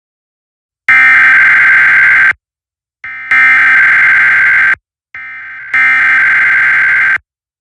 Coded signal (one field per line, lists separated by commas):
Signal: Emergency Alert System (SAME) tones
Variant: header bursts